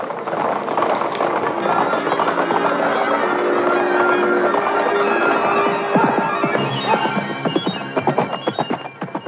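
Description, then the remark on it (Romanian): A horse gallops off carrying a fleeing rider amid a dense, clattering din, its quick rhythmic hoofbeats standing out near the end before gradually fading. “Fugi și el pe cal.”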